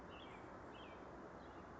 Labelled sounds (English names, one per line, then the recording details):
American Robin
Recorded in Sonoma County, California